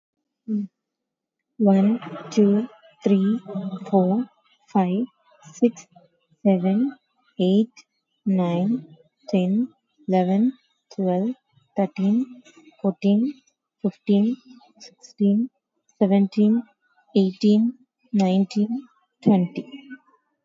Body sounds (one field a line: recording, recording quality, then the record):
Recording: counting at a normal pace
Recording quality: excellent, no background noise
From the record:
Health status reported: COVID-19 positive, no symptoms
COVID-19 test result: positive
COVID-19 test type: RT-PCR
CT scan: not taken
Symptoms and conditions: none ticked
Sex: female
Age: 34 years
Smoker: no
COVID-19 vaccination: none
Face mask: worn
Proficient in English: yes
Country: India